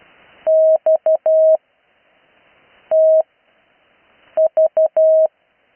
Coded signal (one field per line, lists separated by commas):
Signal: Morse code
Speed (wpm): 12 wpm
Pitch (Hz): 640 Hz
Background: none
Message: X T V